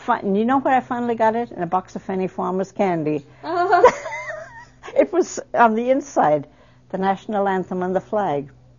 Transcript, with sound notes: You know where I finally got it, in a box of Fannie Farmer candies. (They laugh.) It was on the inside, the national anthem, and the flag.